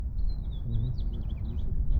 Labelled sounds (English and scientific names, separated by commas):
House Finch (Haemorhous mexicanus) song